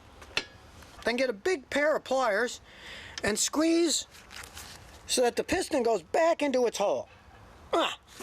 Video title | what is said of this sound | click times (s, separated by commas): How to Replace Brake Pads and Rotors in Your Car (COMPLETE Guide) | snap in place you do the outside and the inside | 0.4 s